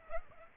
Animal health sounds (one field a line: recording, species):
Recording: mosquito wingbeat signal from an infrared sensor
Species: Aedes aegypti